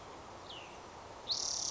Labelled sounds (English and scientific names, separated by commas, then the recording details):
Cassin's Vireo (Vireo cassinii)
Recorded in Sonoma County, California